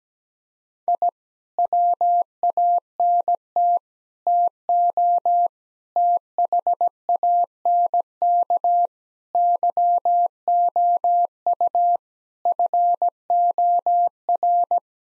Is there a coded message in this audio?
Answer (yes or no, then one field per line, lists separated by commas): yes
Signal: Morse code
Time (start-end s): 0.9-14.8 s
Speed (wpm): 17 wpm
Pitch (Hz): 700 Hz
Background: none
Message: I WANT TO THANK YOU FOR